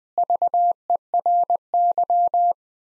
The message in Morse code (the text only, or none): VERY